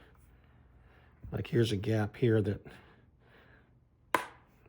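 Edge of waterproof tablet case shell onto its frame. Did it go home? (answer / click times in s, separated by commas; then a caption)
yes / 4.2 s. Someone talks while a remaining gap along the edge of a plastic waterproof case for an 11-inch 2024 M4 iPad Pro is pressed, pushing the case shell onto its frame. At 4.2 s one loud, sharp snap rings out as the gap closes. The edge is seated, snapped shut all the way.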